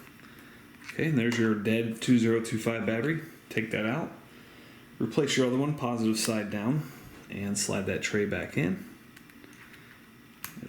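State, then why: Seated. Someone talks while replacing the battery in a Lotus Evora GT key fob: the dead 2025 coin cell comes out, and a new one goes in positive side down. The plastic battery tray is then slid back into the fob housing, where it snaps into place with a sharp click at 10.4 seconds.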